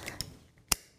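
A metal harness buckle tongue is pushed into the crotch buckle of an infant car seat, with a couple of light clicks and rattles at about 0.1 and 0.2 s. A sharp, bright click at 0.7 s marks the tongue seating in the buckle.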